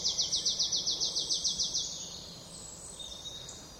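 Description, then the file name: Marsh tit giving a rapid, even series of many high, sharp notes lasting nearly two seconds, then a few faint, thin calls. "Poecile palustris"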